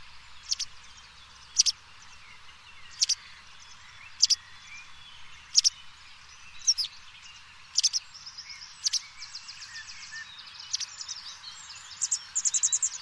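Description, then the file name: White wagtail calls: sharp high chirps repeated at fairly even intervals, with brief buzzy, rattling notes toward the end. "Bergeronnette grise"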